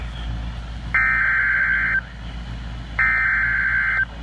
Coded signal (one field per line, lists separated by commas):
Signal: Emergency Alert System (SAME) tones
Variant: header bursts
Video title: EAS Severe Thunderstorm Warning Goodhue and rice County Minnesota NOAA Weather Radio KEC65